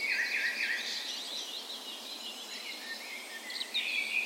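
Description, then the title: Birds in a dawn chorus, several songbirds overlapping with bright warbled phrases and high twittering, fading slightly midway then rising again near the end. Spring dawn chorus on the morning of 17 May, Norway's National Day, in a park west in Bergen, Norway; Sony PCM A10 recorder with LOM micro Usi microphones as tree ears. "17th Of May Dawn Chorus"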